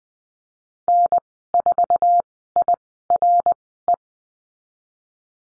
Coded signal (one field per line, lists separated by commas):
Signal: Morse code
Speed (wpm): 20 wpm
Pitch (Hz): 700 Hz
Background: none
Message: N4IRE